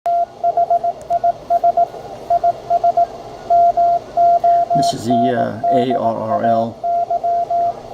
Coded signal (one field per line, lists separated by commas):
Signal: Morse code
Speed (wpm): 18 wpm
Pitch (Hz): 690 Hz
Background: speech, radio noise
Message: THIS IS MONDAY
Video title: Morse Code Reader/Microcode Part 2